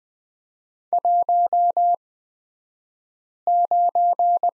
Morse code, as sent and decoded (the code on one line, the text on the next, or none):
.---- ----.
19